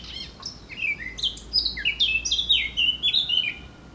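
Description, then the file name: Eurasian blackcap song: a short chattering start leading into a flowing series of clear, downward-sliding fluty notes. "Sylvia atricapilla"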